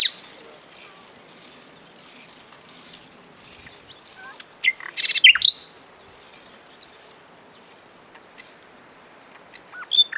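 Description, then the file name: Common nightingale song: sparse high notes, then a short burst of rapid phrases midway, with a few more notes near the end. "Luscinia megarhynchos"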